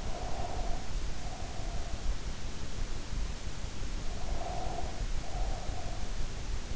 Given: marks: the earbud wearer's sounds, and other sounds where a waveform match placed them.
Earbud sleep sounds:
sounds in sleep by an in-ear microphone; breath
0.00-2.18 s: breath
4.16-6.14 s: breath

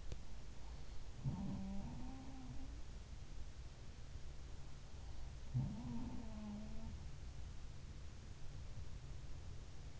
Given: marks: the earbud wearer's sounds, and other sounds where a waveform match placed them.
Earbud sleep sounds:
sounds in sleep by an in-ear microphone; teeth grinding
0.00-0.26 s: teeth grinding
1.06-2.87 s: sound from someone else or the room
5.45-6.88 s: sound from someone else or the room
9.79-9.99 s: sound from someone else or the room

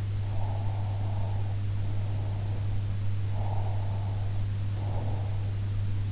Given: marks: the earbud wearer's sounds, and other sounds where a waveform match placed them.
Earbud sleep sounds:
sounds in sleep by an in-ear microphone; breath
0.23-2.81 s: breath
3.26-5.44 s: breath

